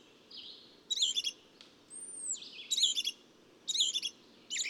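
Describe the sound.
Bird song: bursts of high twittering notes separated by pauses, with a long thin arched whistle in between and faint background hiss.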